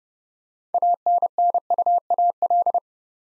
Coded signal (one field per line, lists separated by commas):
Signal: Morse code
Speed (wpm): 30 wpm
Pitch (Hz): 700 Hz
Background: none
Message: ANNUAL